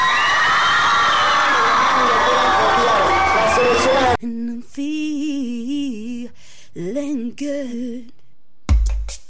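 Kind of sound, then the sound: crowd, crowd shouting and cheering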